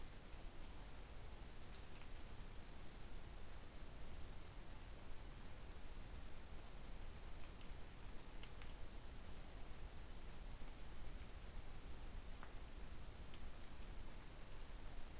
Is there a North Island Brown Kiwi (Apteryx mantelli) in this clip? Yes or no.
no